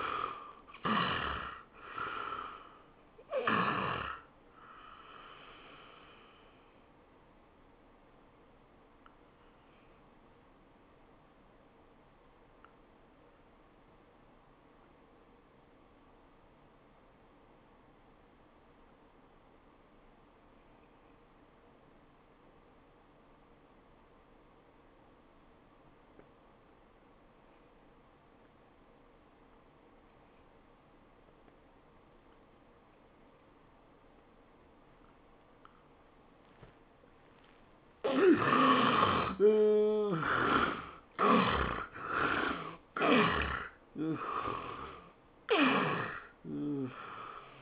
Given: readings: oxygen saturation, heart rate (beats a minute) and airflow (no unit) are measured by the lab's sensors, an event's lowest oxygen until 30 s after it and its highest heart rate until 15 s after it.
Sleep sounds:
breathing in sleep by a voice recorder at the bedside; 1
14.00-35.80 s: obstructive apnea (N1, oxygen 94% highest, then 70% lowest, heart rate 81 at the start, 104 highest)
18.00-47.62 s: new sleep stage, N2 (light sleep)
From the record:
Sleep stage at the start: N1 (lightest sleep); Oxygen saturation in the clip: 69 to 94%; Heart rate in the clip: 70 to 104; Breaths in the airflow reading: 6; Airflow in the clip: -15.7 to 15.0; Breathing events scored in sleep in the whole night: 403 in 5.5 hours asleep

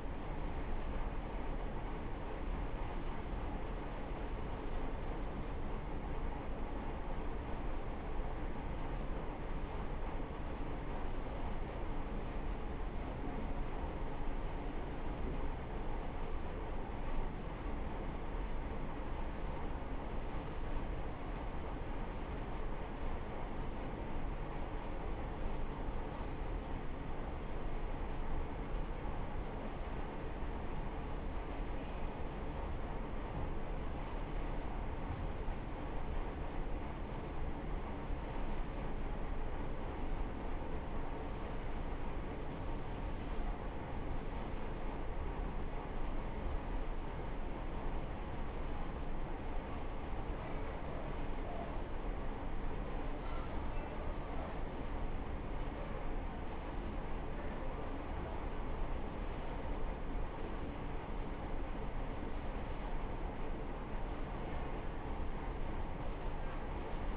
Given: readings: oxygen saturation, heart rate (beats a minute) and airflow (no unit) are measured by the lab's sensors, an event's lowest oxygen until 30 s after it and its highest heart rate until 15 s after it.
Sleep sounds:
a person awake in a sleep study, by a smartphone at the bedside; none
0.00-67.16 s: awake
0.00-67.16 s: awake
From the record:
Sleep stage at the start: awake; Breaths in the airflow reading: 25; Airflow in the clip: -0.7 to 0.6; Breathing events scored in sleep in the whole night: 328 in 6.3 hours asleep

